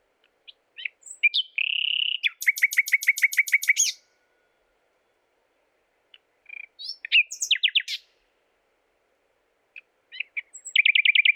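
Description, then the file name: Common nightingale song: a sustained whistle, then a rapid buzzy trill of repeated clicks, pauses of silence, and later bursts of fast repeated notes; no other sounds. "Luscinia megarhynchos"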